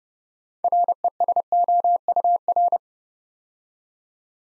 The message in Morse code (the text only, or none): RESOUR